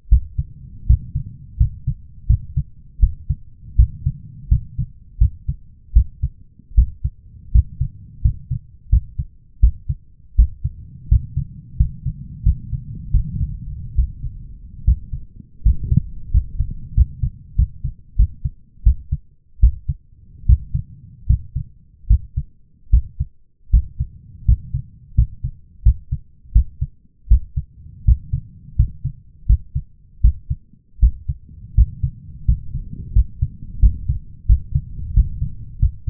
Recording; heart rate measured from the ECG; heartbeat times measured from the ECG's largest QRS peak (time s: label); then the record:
heart sounds by stethoscope; 82 bpm
0.09 s: heartbeat
0.87 s: heartbeat
1.58 s: heartbeat
2.27 s: heartbeat
3.00 s: heartbeat
3.76 s: heartbeat
4.49 s: heartbeat
5.19 s: heartbeat
5.93 s: heartbeat
6.75 s: heartbeat
7.52 s: heartbeat
8.22 s: heartbeat
8.90 s: heartbeat
9.60 s: heartbeat
10.36 s: heartbeat
11.09 s: heartbeat
11.77 s: heartbeat
12.43 s: heartbeat
13.11 s: heartbeat
13.95 s: heartbeat
14.85 s: heartbeat
15.63 s: heartbeat
16.31 s: heartbeat
16.94 s: heartbeat
17.56 s: heartbeat
18.16 s: heartbeat
18.83 s: heartbeat
19.60 s: heartbeat
20.46 s: heartbeat
21.27 s: heartbeat
22.07 s: heartbeat
22.90 s: heartbeat
23.71 s: heartbeat
24.45 s: heartbeat
25.15 s: heartbeat
25.83 s: heartbeat
26.52 s: heartbeat
27.28 s: heartbeat
28.05 s: heartbeat
28.76 s: heartbeat
29.46 s: heartbeat
30.21 s: heartbeat
31.00 s: heartbeat
31.75 s: heartbeat
32.45 s: heartbeat
33.13 s: heartbeat
33.80 s: heartbeat
34.46 s: heartbeat
35.14 s: heartbeat
35.79 s: heartbeat
From the record:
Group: healthy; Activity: rest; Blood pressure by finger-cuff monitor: 165/117 mmHg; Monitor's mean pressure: 134 mmHg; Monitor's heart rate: 85 bpm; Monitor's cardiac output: 6.3 L/min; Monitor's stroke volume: 76 mL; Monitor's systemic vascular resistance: 1510 dyn s/cm5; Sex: male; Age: 23 years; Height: 179 cm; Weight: 87 kg